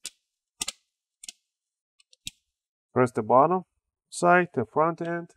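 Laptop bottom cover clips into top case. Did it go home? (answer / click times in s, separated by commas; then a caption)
yes / 0.1 s, 0.6 s, 1.2 s, 2.3 s. A plastic bottom cover on an Acer Aspire 3 N19C1 laptop is pressed down at the corners so its snap clips engage the top case. Sharp clicks are heard at 0.1, 0.6, 1.2 and 2.3 seconds as the clips seat, followed by someone talking.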